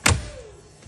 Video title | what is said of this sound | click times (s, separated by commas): Trackhawk Phone Cord Routing thru Vent | You hear pops. | 0.1 s